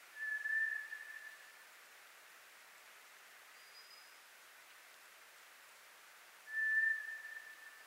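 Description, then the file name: White's thrush giving a drawn-out, level whistle, then silence before an identical whistle about six seconds later; a faint high whistle sounds midway. Recorded 24 April 2010. "toratugumi-20100424"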